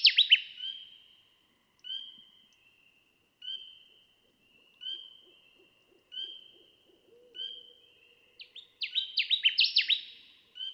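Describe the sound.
Connecticut warbler gives a rapid, ringing phrase of repeated notes at the start and again near the end, with sparse, drawn-out high tones in between.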